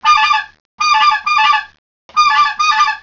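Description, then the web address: Duck calls: harsh, nasal honking notes, one alone and then two doubled bursts, each about half a second long, over three seconds. "duck sounds Spec call"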